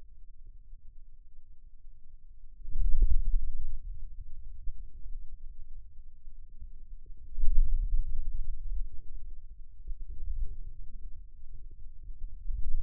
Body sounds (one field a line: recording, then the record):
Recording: forearm muscle sounds (acoustic myography)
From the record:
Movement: pen grasping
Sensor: system 2, bracelet of six BSWA MPA416 microphones around the upper forearm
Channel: 1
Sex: male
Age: 22 years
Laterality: right